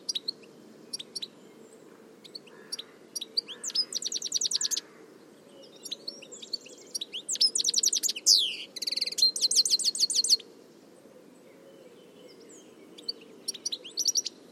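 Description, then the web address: Busy bird chatter: rapid high trills and sharp chirps come in several bursts, with one loud sweeping note, over a steady low rumble. "cianscape birddata Deverinetal 2025 Bird Only Ca Ca Ca Ca"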